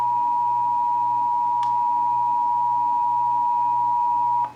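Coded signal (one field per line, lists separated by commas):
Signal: Emergency Alert System (SAME) tones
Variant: 853 and 960 Hz attention tone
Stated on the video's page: Texas Required Monthly Test as carried on several radio and TV stations.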